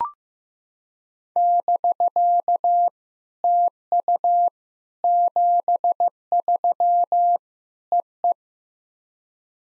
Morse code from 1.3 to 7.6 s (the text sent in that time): <BK> TU 73